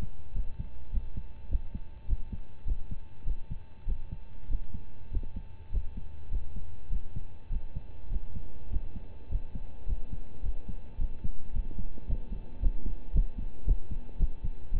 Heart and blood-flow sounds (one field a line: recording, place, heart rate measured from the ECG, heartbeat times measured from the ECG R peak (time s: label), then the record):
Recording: heart sounds by stethoscope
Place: between the tricuspid and mitral areas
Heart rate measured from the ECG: 104 bpm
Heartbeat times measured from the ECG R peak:
0.33 s: heartbeat
0.90 s: heartbeat
1.48 s: heartbeat
2.06 s: heartbeat
2.65 s: heartbeat
3.24 s: heartbeat
3.85 s: heartbeat
4.47 s: heartbeat
5.10 s: heartbeat
5.70 s: heartbeat
6.29 s: heartbeat
6.89 s: heartbeat
7.49 s: heartbeat
8.09 s: heartbeat
8.69 s: heartbeat
9.28 s: heartbeat
9.85 s: heartbeat
10.42 s: heartbeat
10.97 s: heartbeat
11.52 s: heartbeat
12.06 s: heartbeat
12.59 s: heartbeat
13.12 s: heartbeat
13.64 s: heartbeat
14.17 s: heartbeat
14.71 s: heartbeat
From the record:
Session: rest, lying down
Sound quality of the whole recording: partially saturated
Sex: male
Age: 25 years